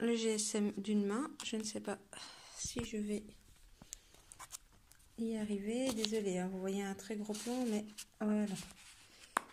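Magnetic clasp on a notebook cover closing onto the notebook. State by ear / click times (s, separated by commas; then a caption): seated / 9.4 s. Someone talks while closing the cover of a rebound bullet journal with one hand, the other holding a phone, and soft handling ticks are heard around 3.9 to 4.9 s. At 9.4 s the magnetic clasp on the cover snaps shut onto the notebook with one sharp click, seating the clasp closed.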